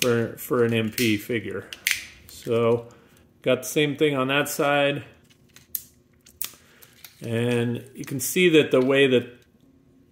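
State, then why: Seated. Someone talks while the plastic thigh joint on the second side of a Takara Masterpiece MP-53 Skids / MP-54 Reboost transforming robot action figure is moved into position during transformation. Sharp clicks are heard at 5.8 s and 6.4 s as the joint locks in. The thigh joint ends up seated and locked, with an audible click confirming it.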